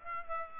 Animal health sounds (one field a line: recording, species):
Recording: mosquito wingbeat signal from an infrared sensor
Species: Aedes aegypti